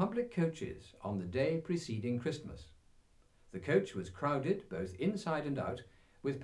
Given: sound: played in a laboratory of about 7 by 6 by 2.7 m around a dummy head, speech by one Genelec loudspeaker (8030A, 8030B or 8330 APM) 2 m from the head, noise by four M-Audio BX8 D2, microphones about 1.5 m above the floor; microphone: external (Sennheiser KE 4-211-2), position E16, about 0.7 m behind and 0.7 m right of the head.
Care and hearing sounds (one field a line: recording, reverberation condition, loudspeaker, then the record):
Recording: male speech in English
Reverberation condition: low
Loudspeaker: 60 degrees to the right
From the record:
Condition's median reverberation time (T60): about 310 ms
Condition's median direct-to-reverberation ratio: about 3.5 dB